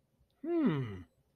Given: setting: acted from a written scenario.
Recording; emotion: vocal sound without words; interest